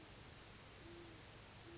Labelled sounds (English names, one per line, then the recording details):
Great Horned Owl
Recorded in Sonoma County, California